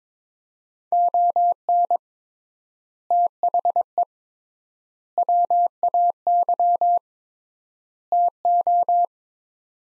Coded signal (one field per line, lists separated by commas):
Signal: Morse code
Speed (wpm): 22 wpm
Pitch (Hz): 700 Hz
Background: none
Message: ON THE WAY TO